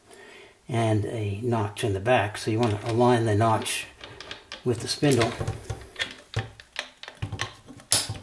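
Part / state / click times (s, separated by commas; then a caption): backing plate onto angle grinder spindle / seated / 7.9 s. A sanding backing plate with a notch in its back is aligned with an angle grinder spindle, then turned and pressed on. Someone talks through the first half, followed by several small clicks and taps from about 6.3 s. A sharp, loud click at 7.9 s marks the plate seating onto the spindle.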